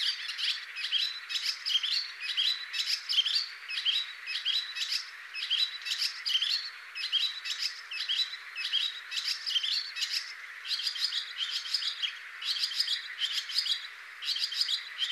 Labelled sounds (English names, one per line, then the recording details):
Barn Swallow song
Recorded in the wild
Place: Damtschik/Wolgadelta, RU
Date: 2006-05-21
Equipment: MiniDisc Sharp MT 20 H
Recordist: Schwarz, Dieter